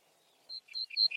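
Bird calling, several short high whistled and chirping notes in quick succession, ending abruptly.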